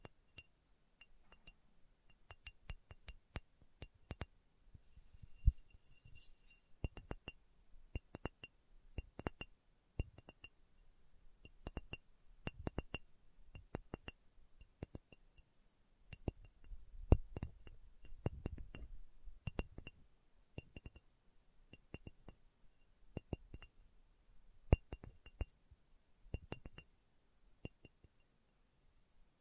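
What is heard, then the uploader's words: Slow tapping on a hard, glassy surface, sharp clinks arriving irregularly throughout, sometimes in quick clusters, over faint low rumbling. ASMR Slow Tapping for Deep Sleep (No Talking).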